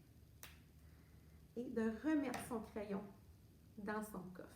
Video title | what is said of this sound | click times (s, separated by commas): Accueil du préscolaire HF partie partie 3 | très important de refermer le bouchon comme il faut et souvent on entend un petit clic | 0.4 s